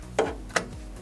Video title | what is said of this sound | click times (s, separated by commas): HOOD DOES NOT STAY OPEN FIX. ANY CAR | Okay, you just press it in until it clicks on the joint. | 0.2 s, 0.6 s